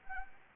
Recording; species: mosquito wingbeat signal from an infrared sensor; Anopheles arabiensis